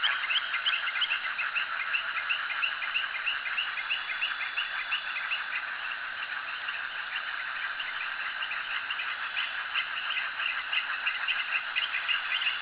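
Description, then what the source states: Frog chorus of many overlapping quick, rasping notes, repeating rapidly without a break. Frogs calling at a jetty.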